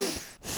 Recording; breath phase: one breath near a microphone; inhalation